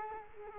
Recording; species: mosquito wingbeat signal from an infrared sensor; Culex quinquefasciatus